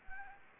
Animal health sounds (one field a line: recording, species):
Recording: mosquito wingbeat signal from an infrared sensor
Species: Anopheles gambiae